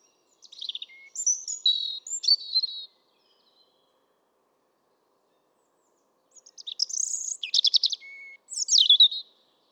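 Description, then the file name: European robin song: two bursts of high, thin warbled phrases with trills and sliding notes, separated by a few seconds of silence, nothing else audible. "Erithacus rubecula"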